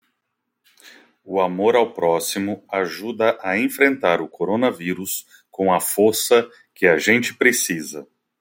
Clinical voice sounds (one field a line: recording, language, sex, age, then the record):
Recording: spoken sentence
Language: Brazilian Portuguese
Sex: male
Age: 40 to 49 years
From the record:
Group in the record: control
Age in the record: 43 years